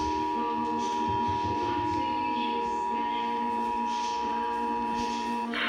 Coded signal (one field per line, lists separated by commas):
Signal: Emergency Alert System (SAME) tones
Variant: 853 and 960 Hz attention tone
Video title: EAS #197 National Periodic Test